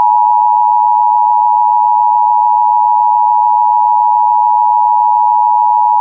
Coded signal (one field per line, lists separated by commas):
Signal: Emergency Alert System (SAME) tones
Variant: 853 and 960 Hz attention tone